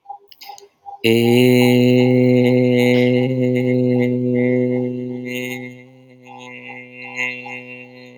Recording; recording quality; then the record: sustained vowel as in made; excellent, no background noise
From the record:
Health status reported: healthy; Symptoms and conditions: hypertension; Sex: male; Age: 30 years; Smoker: not ticked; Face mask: not worn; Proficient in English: yes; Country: India